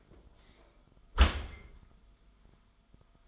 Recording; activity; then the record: daily activity, microphone in the room; close dishwasher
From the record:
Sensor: 5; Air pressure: 1004.7 hPa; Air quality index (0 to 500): 90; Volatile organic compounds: 2 ppm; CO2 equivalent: 1082 ppm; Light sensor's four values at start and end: 33/75/31/30 and 33/76/31/30